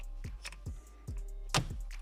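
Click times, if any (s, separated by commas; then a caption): 1.6 s. The first of three spring clips holding the airbag module in the steering wheel of a 2024 Mustang GT (S650) is worked free. Over a steady low hum and a few dull, regularly spaced thumps, the clip releases with one sharp, bright snap at 1.6 s, and the clip pops free.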